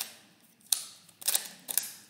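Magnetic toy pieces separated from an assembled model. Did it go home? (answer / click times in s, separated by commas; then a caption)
released / 0.7 s, 1.4 s, 1.8 s. A six-piece Clixo magnetic construction toy build, made of plastic pieces with embedded magnets, is pulled apart by hand a little roughly because the toy is durable. Sharp clacks ring out at 0.7, 1.4 and 1.8 seconds as the pieces separate and knock together. The magnetic pieces come apart from the assembled model.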